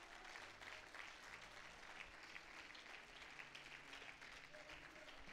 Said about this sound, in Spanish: Oiga, qué lindo es Dios. Dele un aplauso al Señor con todo el corazón, hermano.